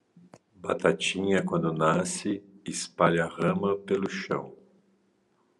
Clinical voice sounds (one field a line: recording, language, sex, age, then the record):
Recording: short text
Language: Brazilian Portuguese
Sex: male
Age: 50 to 59 years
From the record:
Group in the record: control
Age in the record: 51 years